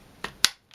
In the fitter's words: and that's it locked so when it's locked it's